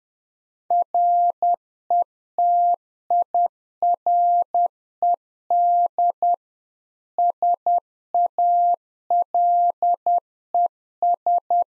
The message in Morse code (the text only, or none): RETIRED SALES